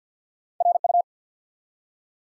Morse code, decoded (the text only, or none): RU